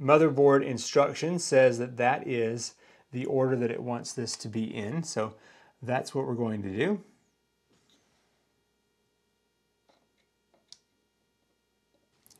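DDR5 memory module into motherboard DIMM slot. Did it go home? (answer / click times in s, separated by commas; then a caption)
yes / 10.7 s, 12.3 s. Someone talks for about the first seven seconds, then a DDR5 memory module is pressed down into a motherboard DIMM slot until the retention latch snaps shut. A sharp click sounds at 10.7 s and another at 12.3 s, followed by a couple of faint ticks. The module is seated with a good solid click.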